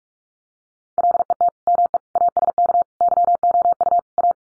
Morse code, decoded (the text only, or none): LET ME ASK YOU A